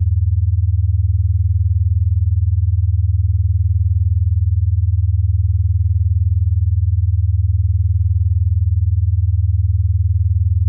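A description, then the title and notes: A steady, deep tone hums without change for the whole clip, with nothing above a low rumble. A fast, even pulsing ripples through the hum, as in beta wave binaural beats. No other sounds break in. Beta Wave Binaural Beats.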